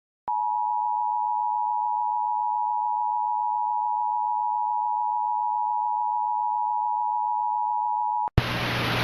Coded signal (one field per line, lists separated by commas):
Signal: Emergency Alert System (SAME) tones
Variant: 853 and 960 Hz attention tone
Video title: EAS Mock - PDS TOR (2016, Requested)